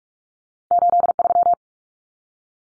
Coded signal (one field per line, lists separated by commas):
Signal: Morse code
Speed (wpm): 44 wpm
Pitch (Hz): 700 Hz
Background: none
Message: 83